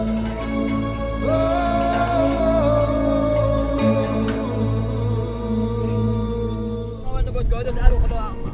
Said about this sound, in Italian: imbarcazioni tradizionali dove la vela è stata sostituita dai motori che ronzano senza posa